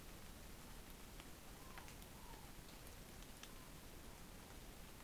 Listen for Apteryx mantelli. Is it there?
no